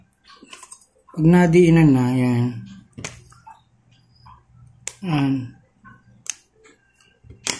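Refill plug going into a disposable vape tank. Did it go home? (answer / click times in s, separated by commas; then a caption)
yes / 6.3 s. After refilling a Geekbar disposable vape, a plastic refill plug (seal or cap) is pressed back into the tank while someone talks. A sharp click at 6.3 s marks the plug snapping home, and it is seated.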